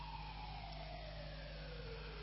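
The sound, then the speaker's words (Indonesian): A fire engine siren wails in one long, loud tone that slides steadily downward in pitch over a constant low rumble of engine noise. “Wis tuwa ya kaya apa seneng toet-toet kan gitu ya.”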